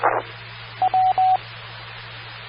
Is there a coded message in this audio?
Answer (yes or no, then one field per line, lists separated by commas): no